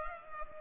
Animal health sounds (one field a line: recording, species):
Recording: mosquito wingbeat signal from an infrared sensor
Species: Culex pipiens